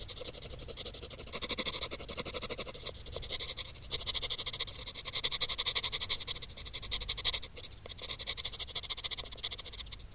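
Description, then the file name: Crickets chirping steadily, a continuous high, shrill pulsed sound unbroken for the whole stretch. "Grillen"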